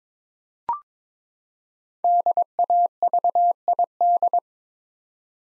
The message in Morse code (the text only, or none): DAVID